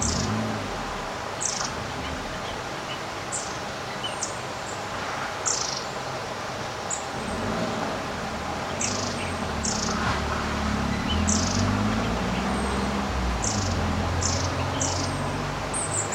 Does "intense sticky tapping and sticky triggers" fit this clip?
no